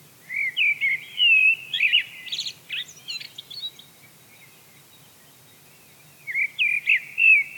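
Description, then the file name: Eurasian blackbird singing a fluty, warbled phrase with a thin twittering ending, then a pause before the next mellow phrase begins. "Turdus merula"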